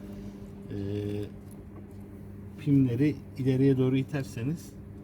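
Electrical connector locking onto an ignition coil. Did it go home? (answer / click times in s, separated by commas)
no / none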